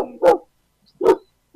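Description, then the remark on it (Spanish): Two sharp dog barks, evenly spaced with a pause between them, loud and clear with no talking over them. “Se me están metiendo los perros de la transmisión.”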